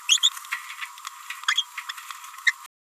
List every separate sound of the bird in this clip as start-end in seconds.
0.10-0.19, 0.23-0.29, 1.48-1.62, 1.89-1.91, 2.47-2.52